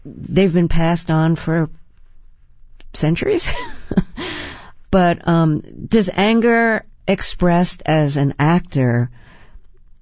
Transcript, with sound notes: They've been passed on for centuries (laughter). But does anger expressed as an actor